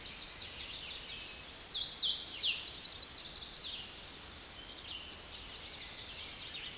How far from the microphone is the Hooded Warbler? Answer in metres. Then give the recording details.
about 5 m. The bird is about 5 m above the microphone. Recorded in a Pennsylvania forest on 16 May 2024 at 06:55. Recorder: AudioMoth, point MSD-2181. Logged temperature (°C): 12.8 °C. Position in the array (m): 160 m, 115 m